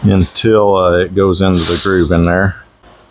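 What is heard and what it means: A hydraulic seal is overlapped and fed in from the bottom of the gland on a CASE tilt cylinder being resealed, then pushed toward the gland's internal groove. Someone talks throughout, with a brief hiss-like burst near 1.6 s. Nothing has seated or clicked yet.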